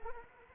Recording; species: mosquito wingbeat signal from an infrared sensor; Anopheles arabiensis